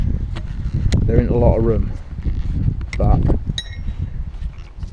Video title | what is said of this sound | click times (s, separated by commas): Mercedes SLK320 R170 Spark Plug Replacement | You need to push these on until there's a solid click, and you can hear the click when they lock on. | 3.6 s